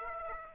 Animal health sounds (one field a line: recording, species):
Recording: mosquito wingbeat signal from an infrared sensor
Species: Aedes aegypti